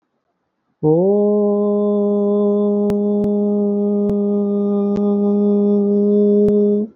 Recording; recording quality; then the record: sustained vowel as in boot; excellent, no background noise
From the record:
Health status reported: healthy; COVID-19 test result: not tested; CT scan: not taken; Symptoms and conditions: cough, cold, fever, muscle pain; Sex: male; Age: 34 years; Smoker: no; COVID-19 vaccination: both doses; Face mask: not worn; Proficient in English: yes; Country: India